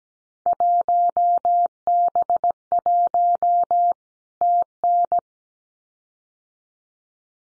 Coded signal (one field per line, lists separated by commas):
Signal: Morse code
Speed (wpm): 17 wpm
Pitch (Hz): 700 Hz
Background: none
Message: 1B1 TN